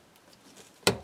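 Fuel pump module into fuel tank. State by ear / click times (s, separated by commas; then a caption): seated / 0.9 s. A fuel pump and sending unit module is carefully worked into the fuel tank opening of a Q5 during a fuel leak fix. After near-silent low rustling, a sharp, bright snap lands at 0.9 s and rings down over the rest of the clip. The module is seated, snapped into place nicely.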